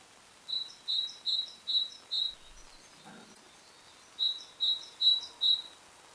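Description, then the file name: Great tit calls: a run of five high notes, a short pause, then four more at the same steady pace. "Parus major"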